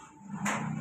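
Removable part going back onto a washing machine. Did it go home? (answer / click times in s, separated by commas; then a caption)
no / none. A removable part is being handled as it goes back onto a washing machine after laundry, heard as a low steady hum with a brief broadband scraping swell around 0.4–0.5 s. The clip ends before the part is pushed home, and nothing has seated or clicked yet.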